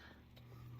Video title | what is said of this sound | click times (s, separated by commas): NEWAGE TOYS Hephestas Part D Combiner Parts (G1 DEVASTATOR) | just kind of push it in until it clicks into place | 0.4 s